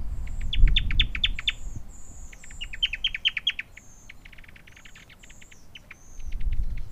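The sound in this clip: Newtonia: bursts of sharp rapid chips in quick chattering runs, with thin high whistles and low rumbling noise at the start and end.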